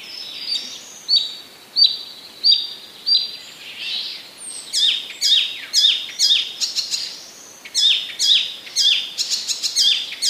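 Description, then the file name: Icterine warbler song: a single high note repeated several times, then a rapid, jumbled stream of varied chirps and whistles. Recorded in 2015. "zaganiacz 2015"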